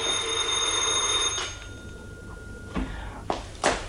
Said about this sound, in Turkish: Çocuklar dikkat, zili çalıyorum.